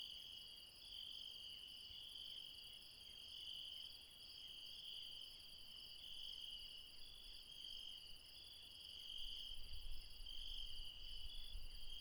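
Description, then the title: Insects give a dense, unbroken high trilling chorus; low rumbling noise increases in the last few seconds. Insects recorded late at night in the mountains at Refuge Krevatia, Barbala, Dion, Greece. "Refuge Krevatia, Μπαρμπαλά, Dion 601 00, Greece - Late night mountain insects"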